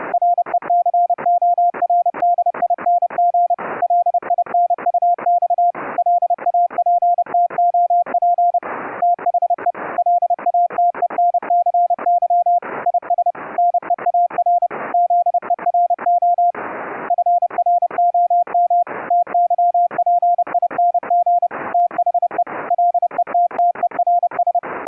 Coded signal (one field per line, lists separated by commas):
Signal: Morse code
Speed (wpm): 30 wpm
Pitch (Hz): 700 Hz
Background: none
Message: RECORDING LINUX LAPTOP THE LATENCY IS NEAR ZERO FROM TYPING THE LETTERS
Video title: Remote Rig setup for a Windows 10 laptop to key CW(afcw) on an Elecraft K3S::Raspberry PI interface